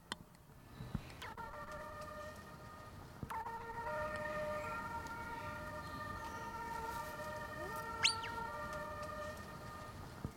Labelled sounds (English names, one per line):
Bare-faced Curassow call